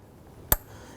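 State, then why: Seated. An engine wiring harness connector on a 2005–2007 Jeep Liberty is lined up and slid onto the ignition coil terminal. It snaps in with a single sharp, bright click at 0.5 seconds over a quiet background. The connector is confirmed seated.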